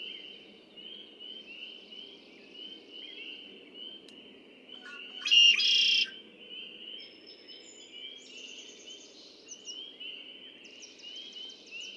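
Red-winged blackbird song: a loud buzzy trill midway stands out above a steady high hum and faint chirping.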